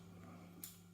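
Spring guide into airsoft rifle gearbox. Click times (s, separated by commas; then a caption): 0.6 s. A compressed spring guide is given a quarter turn inside the gearbox shell of a Double Bell SPR MK12 Mod.1 airsoft rifle. A steady low hum is followed by a sharp bright click at 0.6 s. The spring guide locks into place and sits flush with the gearbox.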